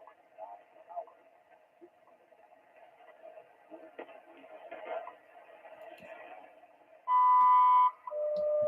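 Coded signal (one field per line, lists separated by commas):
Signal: radio time signal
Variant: WWV male voice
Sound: faint voice through static, then a loud one-second beep, then a lower steady tone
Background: radio static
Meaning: The 1 kHz tone marks the start of the new minute announced by the voice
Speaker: and now the male voice from wwv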